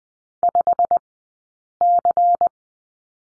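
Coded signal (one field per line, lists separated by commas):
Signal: Morse code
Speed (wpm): 20 wpm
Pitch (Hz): 700 Hz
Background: none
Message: 5C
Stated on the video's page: Morse code lesson drill on the number 6, two characters, sent with Farnsworth spacing at 20/10 wpm.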